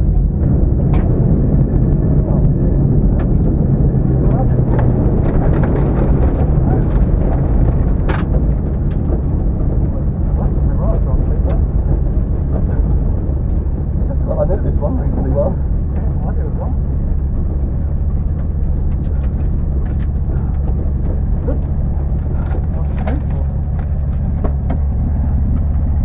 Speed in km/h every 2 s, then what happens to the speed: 116, 98, 87, 69, 47, 32, 26, 24, 18, 13, 8, 5, 0.
0-23 brakes to 0. 23-26 standing.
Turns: none.